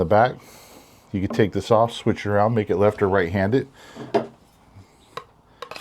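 Someone talks while handling a WorkTuffGear Wilderness Warrior Gen 2 fixed-blade knife and its molded sheath, which can be switched for left- or right-hand carry. After the talking, a few brief, sharp handling ticks are heard near the end as the blade is brought to the sheath. Nothing has seated or clicked into place yet.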